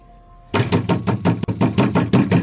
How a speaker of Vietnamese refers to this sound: đập cửa liên hồi